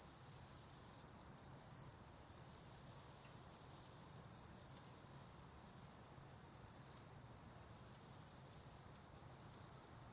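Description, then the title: Crickets chirping in long, gradually swelling high trills that stop suddenly and restart several times, over quiet low background noise. Crickets at a small spot beside a hiking path with wild natural meadows at Lake Wolfgangsee, Strobl, Austria; some traffic audible; recorded with SD702t and MKH8040. "Strobl, Österreich - Grillen am Wolfgangsee"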